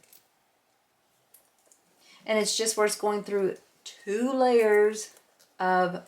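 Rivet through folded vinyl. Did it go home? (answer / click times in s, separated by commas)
no / none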